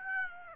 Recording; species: mosquito wingbeat signal from an infrared sensor; Aedes aegypti